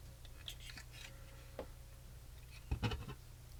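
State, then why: Not seated. A small plastic lens is fitted from the bottom first and lined up with the tabs of its housing on a 1:8 scale DeAgostini Ford GT model car body. Light plastic handling ticks are heard over a low steady hum, with a sharp tick near 0.5 s and a brief cluster of knocks around 2.7–3.1 s. Nothing has seated or clicked yet.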